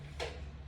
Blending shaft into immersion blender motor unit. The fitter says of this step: click so that means these are line together and this is ready to go okay